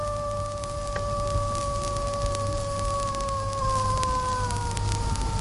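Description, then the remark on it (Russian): A long, drawn-out howl from adult animals calling their pups to settle down and listen, recorded in the Tigrovaya Balka nature reserve in southern Tajikistan, holds one steady, clear tone that sinks slowly in pitch across the whole stretch, with a low rumbling hum underneath. “Сначала мы услышим длинный протяжный вой. Это родители призывают шоколят успокоиться и послушать их.”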